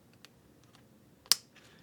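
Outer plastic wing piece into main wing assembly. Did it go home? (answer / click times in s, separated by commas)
yes / 1.3 s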